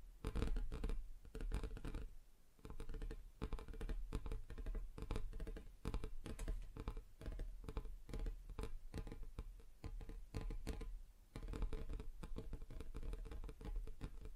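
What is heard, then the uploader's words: Fingers tap across different surfaces in quick, uneven bursts, a dense patter of soft knocks with a few brief pauses near 2 and 11 seconds. The taps are mostly low and dull, with some brighter clicks and a faint scratching texture mixed in. ASMR Just Tapping (Different Surfaces No Talking).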